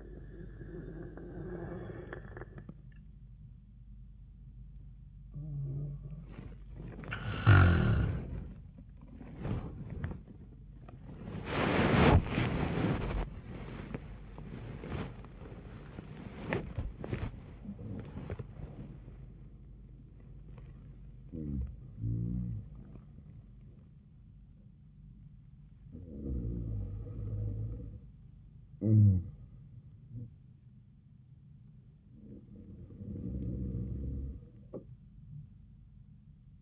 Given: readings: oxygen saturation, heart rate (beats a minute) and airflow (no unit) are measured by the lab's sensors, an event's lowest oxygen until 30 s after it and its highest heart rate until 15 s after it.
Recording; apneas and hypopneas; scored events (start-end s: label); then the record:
breathing in sleep by a smartphone at the bedside; none
27.00-36.62 s: new sleep stage, REM sleep
From the record:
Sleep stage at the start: N1 (lightest sleep); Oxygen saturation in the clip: 68 to 98%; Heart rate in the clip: 70 to 112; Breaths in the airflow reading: 5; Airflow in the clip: -11.1 to 14.8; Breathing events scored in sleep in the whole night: 400 in 8.7 hours asleep